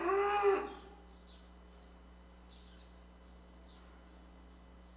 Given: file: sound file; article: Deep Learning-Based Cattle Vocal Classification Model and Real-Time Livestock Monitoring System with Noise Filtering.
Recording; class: cattle; normal call